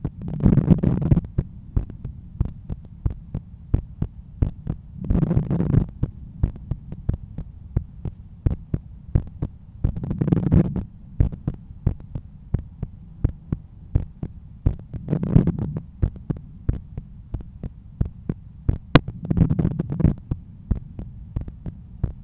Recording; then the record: heart sounds by stethoscope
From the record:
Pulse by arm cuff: 90 bpm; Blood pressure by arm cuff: 124/81 mmHg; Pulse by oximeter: 87 bpm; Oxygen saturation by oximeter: 96%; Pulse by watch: 87 bpm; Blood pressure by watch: 122/78 mmHg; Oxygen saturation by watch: 94%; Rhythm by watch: sinus rhythm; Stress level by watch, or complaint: low stress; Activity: after 10 min smoking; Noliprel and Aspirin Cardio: after pills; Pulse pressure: 43 mmHg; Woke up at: 7:20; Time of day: 12:49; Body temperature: 35.7 C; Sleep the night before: 8 h 11 min, score 61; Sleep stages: REM 22%, light 68%, deep 3%, awake 7%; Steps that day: 9500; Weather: sunny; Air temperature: 25.8 C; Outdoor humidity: 54%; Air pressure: 1016 hPa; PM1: 55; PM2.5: 72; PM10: 84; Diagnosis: hypertension, treated with Noliprel and Aspirin Cardio 100 mg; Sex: male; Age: 53 years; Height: 174 cm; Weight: 81 kg